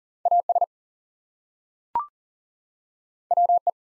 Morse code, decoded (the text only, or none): AS WE